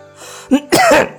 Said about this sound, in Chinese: 他刚一勺粥送到嘴里，随意抬头一看，太师拍着胸口咳嗽，因为在场所有人都在看他。